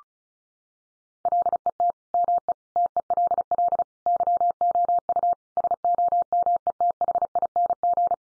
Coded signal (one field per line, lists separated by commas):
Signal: Morse code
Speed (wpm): 34 wpm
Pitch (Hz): 700 Hz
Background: none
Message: LET ME TELL YOU SOMETHING